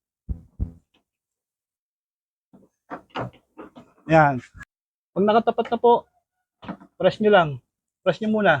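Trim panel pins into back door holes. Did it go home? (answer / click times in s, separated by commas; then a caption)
no / none. The pins of a back door trim panel are lined up with their holes in the back door and the alignment is checked before the panel is pressed in. Two short knocks sound at 0.3 and 0.6 seconds, followed by someone talking. No pin has seated or clicked yet.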